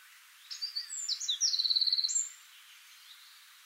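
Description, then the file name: Eurasian wren song, a short burst of high twittering notes leading into a rapid, even rattling trill, lasting under two seconds. "Troglodytes troglodytes"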